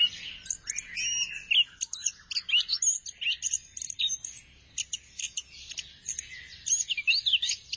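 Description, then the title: Thrush song: a fast, varied stream of high chirps, slurred whistles and short trills running almost without pause. "burung anis x"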